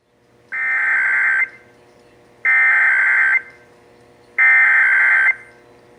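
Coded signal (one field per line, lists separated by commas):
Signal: Emergency Alert System (SAME) tones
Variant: header bursts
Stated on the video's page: Texas Required Monthly EAS Test, July 2024, as received on several radio and TV stations.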